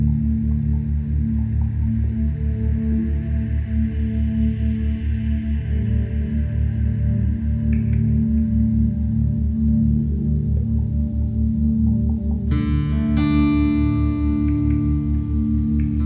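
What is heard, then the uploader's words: Binaural beats: a steady, layered low drone of sustained tones, pulsing rapidly and evenly throughout. A soft hiss swells and fades in the middle, and around twelve seconds a brighter cluster of high ringing tones enters and holds to the end. Deep Meditation with Soft Music and Theta Brainwaves. Brainwave Entrainment using Binaural Beats.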